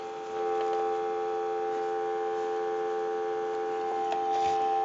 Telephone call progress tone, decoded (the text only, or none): dial tone